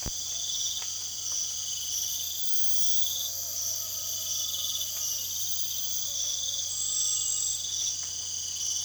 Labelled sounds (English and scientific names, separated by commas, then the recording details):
none
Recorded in secondary vegetation near Puerto Asís, Putumayo, Colombia, on 27 June 2025
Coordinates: 0.488, -76.319
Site G094